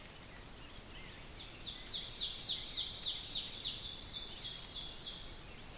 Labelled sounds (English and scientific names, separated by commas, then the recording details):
Ovenbird (Seiurus aurocapilla) song
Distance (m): 60 m
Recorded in boreal forest in Alberta, Canada, on 5 June 2016 at 06:25
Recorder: SongMeter 3, array SBT-3-51
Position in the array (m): 242 m, 133 m
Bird 28